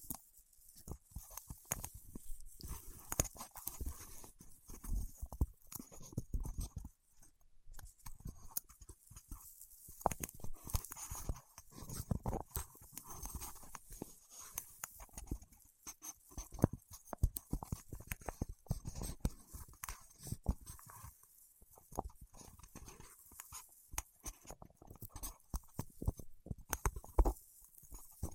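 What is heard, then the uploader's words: Fingertips work against wax, producing a dense, irregular stream of sticky clicks, taps and crackles that runs for the whole clip. The sharp bursts come in quick clusters with brief, quieter gaps, and the level rises and falls without settling into any steady rhythm. ASMR with Wax Fingertips for Sleep (No Talking).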